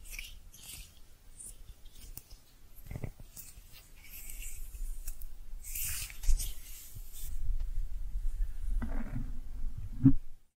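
Soft brushing and squishy sounds come in uneven strokes, with bright hissy sweeps near 1, 3 and 6 seconds. The texture grows busier and louder after the midpoint, with low rustling underneath, a muffled murmur around 9 seconds and a sharp tap just before the end.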